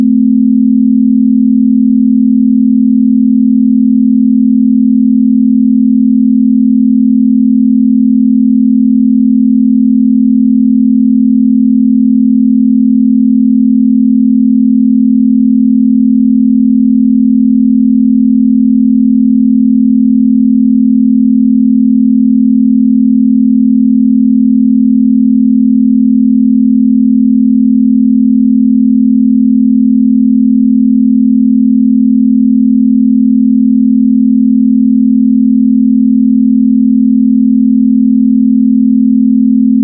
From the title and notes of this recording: Relaxing gamma waves for a genius brain - 1hr pure binaural beat (40Hz).